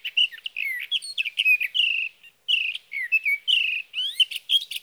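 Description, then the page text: Sage thrasher singing a rapid, jumbled warble of whistled and buzzy phrases, broken by one brief pause midway, then resuming just as fast. Male singing at night near his night roost, from evening of June 12 to morning of June 15, 2018, in Sierra Valley, California; recorded with a Swift recorder. "Sage thrasher songs, through the night. For three nights, from the evening of June 12 to the morning of June 15, 2018, in Sierra Valley, California, I placed a Swift recorder near a male's night roost."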